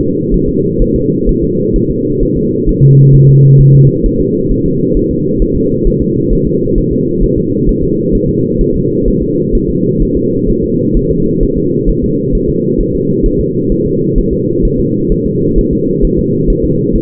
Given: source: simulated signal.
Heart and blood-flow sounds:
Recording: fetal heart sounds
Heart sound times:
0.01 s: S2
0.34 s: S1
0.49 s: S2
0.82 s: S1
0.96 s: S2
1.29 s: S1
1.44 s: S2
1.76 s: S1
1.91 s: S2
2.23 s: S1
2.37 s: S2
2.69 s: S1
2.84 s: S2
3.15 s: S1
3.29 s: S2
3.61 s: S1
3.75 s: S2
4.06 s: S1
4.21 s: S2
4.52 s: S1
4.66 s: S2
4.97 s: S1
5.11 s: S2
5.42 s: S1
5.56 s: S2
5.87 s: S1
6.02 s: S2
6.33 s: S1
6.47 s: S2
6.78 s: S1
6.92 s: S2
7.23 s: S1
7.38 s: S2
7.69 s: S1
7.84 s: S2
8.15 s: S1
8.29 s: S2
8.61 s: S1
8.76 s: S2
9.08 s: S1
9.23 s: S2
9.55 s: S1
9.70 s: S2
10.02 s: S1
10.17 s: S2
10.50 s: S1
10.64 s: S2
10.97 s: S1
11.11 s: S2
11.43 s: S1
11.58 s: S2
11.89 s: S1
12.04 s: S2
12.35 s: S1
12.50 s: S2
12.81 s: S1
12.95 s: S2
13.26 s: S1
13.41 s: S2
13.72 s: S1
13.86 s: S2
14.18 s: S1
14.33 s: S2
14.65 s: S1
14.80 s: S2
15.12 s: S1
15.26 s: S2
15.59 s: S1
15.73 s: S2
16.05 s: S1
16.19 s: S2
16.50 s: S1
16.64 s: S2
16.96 s: S1
From the record:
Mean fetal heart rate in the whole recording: 130 bpm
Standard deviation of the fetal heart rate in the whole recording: 4 bpm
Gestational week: 38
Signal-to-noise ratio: -11.2 dB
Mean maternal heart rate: 72 bpm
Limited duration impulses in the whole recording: present

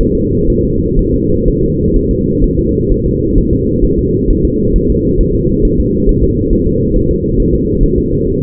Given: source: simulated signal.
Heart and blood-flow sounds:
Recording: fetal heart sounds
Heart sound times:
0.01 s: S1
0.15 s: S2
0.50 s: S1
0.65 s: S2
0.99 s: S1
1.14 s: S2
1.48 s: S1
1.63 s: S2
1.97 s: S1
2.11 s: S2
2.44 s: S1
2.59 s: S2
2.91 s: S1
3.06 s: S2
3.38 s: S1
3.53 s: S2
3.85 s: S1
3.99 s: S2
4.31 s: S1
4.45 s: S2
4.76 s: S1
4.91 s: S2
5.21 s: S1
5.35 s: S2
5.65 s: S1
5.80 s: S2
6.09 s: S1
6.24 s: S2
6.53 s: S1
6.67 s: S2
6.96 s: S1
7.11 s: S2
7.40 s: S1
7.54 s: S2
7.83 s: S1
7.98 s: S2
8.27 s: S1
8.42 s: S2
From the record:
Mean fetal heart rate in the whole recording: 130 bpm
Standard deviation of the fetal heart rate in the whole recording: 4 bpm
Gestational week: 38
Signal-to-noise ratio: -14.7 dB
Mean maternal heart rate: 72 bpm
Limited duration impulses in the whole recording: present

